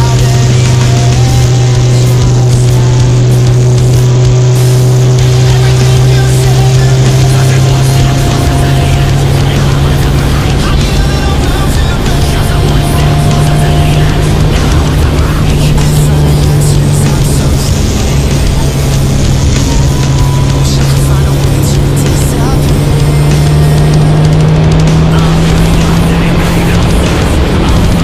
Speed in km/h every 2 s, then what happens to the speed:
129, 129, 130, 135, 142, 149, 152, 158, 150, 143, 142, 151, 166, 181.
4-13 speeds up to 158. 13-20 slows to 142. 20-28 speeds up to 181.